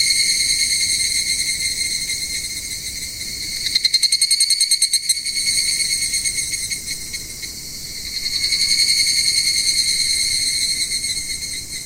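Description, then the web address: Evening cicada calls in a dense, high ringing that swells and fades, with a short burst of rapid pulses near the middle. "sikioto insect higurashi"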